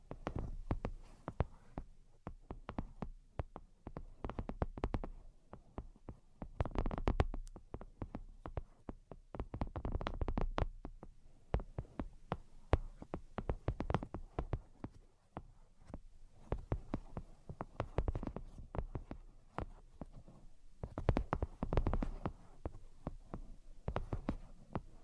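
Tapping made of quick, irregular clusters of sharp clicks and knocks that come in bursts, with short quieter gaps between them. The taps vary in loudness and carry a soft low thump under the crisp clicks, fading in and out across the clip.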